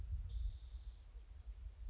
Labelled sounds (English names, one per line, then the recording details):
Spotted Towhee
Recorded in Sonoma County, California